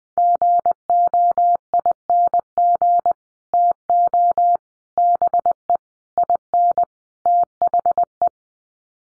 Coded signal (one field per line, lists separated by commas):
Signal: Morse code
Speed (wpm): 20 wpm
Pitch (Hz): 700 Hz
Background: none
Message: GOING TO BE IN THE